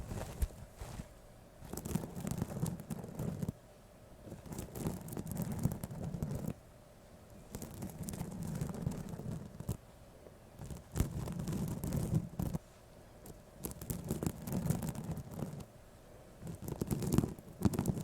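Ear-to-ear tapping, scratching and brushing come in dense bursts of rough rustling, mostly low and muffled, with sharp taps and crackles flicking across them. The bursts last a few seconds each, separated by brief quieter gaps near 3.5, 7, 12.5 and 14 seconds.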